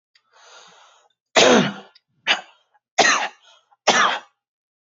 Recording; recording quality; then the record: heavy voluntary cough; excellent, no background noise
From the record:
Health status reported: healthy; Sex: male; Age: 22 years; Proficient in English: yes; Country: United States